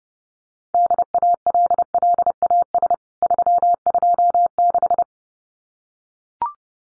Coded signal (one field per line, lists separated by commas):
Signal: Morse code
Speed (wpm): 30 wpm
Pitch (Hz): 700 Hz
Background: none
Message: DALLAS 326